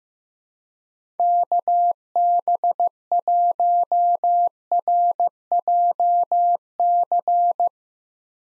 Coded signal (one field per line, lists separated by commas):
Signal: Morse code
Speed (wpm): 15 wpm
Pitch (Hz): 700 Hz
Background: none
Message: KB1RJC